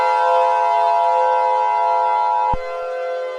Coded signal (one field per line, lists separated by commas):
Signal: Emergency Alert System (SAME) tones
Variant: 853 and 960 Hz attention tone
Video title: When the World Suddenly Starts Sinking: An EAS Scenario